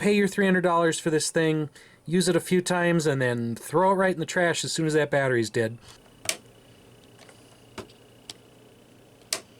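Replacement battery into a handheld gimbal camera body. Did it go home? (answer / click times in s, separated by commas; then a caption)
yes / 9.3 s. Someone talks for the first several seconds, then a few small sharp ticks follow as a replacement battery is pressed into a small handheld gimbal camera body, a DJI Osmo Pocket, after the old battery is removed. The loudest, sharpest click at 9.3 s is the new battery seating into place.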